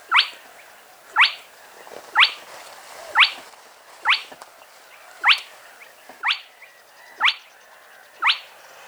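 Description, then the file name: Spotted crake giving sharp, rising whip notes, one roughly every second, nine in a steady series over a quiet background. Played back. "Plettet roervagtel"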